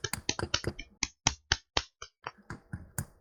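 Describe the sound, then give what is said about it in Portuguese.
Applause from a small group at a ceremony, a quick run of sharp, irregular hand claps filling the whole stretch without any talking over it. “Palmas.”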